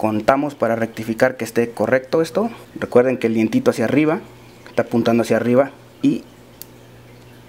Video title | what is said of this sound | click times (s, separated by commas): Yamaha MT-07 ECU Flash (FT ECU) | dentro se escucha un clic cuando ya está conectado adecuadamente | 6.6 s